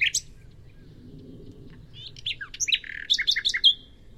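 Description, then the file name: Common nightingale song: a brief high note, a pause, then a burst of varied rapid whistled and chirping notes, ending with a clear sustained whistle. "Luscinia megarhynchos"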